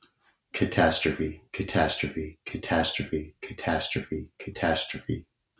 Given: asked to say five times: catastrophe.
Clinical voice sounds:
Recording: repeated word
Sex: male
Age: 40 to 49 years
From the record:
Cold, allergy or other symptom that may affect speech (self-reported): no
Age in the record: 47 years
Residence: Montana, United States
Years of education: 17

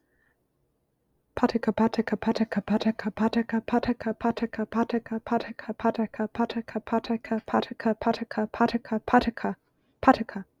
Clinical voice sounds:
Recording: repeated syllables /pa ta ka/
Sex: female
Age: 20 to 29 years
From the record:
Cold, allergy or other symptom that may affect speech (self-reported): no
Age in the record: 29 years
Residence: Wisconsin, United States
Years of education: 21

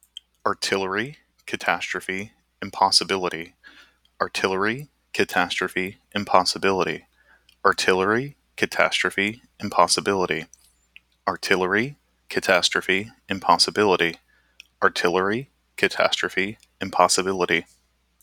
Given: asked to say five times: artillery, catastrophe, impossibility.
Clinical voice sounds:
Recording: three words, each repeated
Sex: male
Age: 30 to 39 years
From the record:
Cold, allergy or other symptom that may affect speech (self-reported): no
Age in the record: 37 years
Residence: Florida, United States

